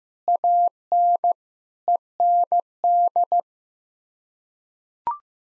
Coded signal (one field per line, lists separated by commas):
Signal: Morse code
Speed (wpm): 15 wpm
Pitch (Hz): 700 Hz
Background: none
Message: AN END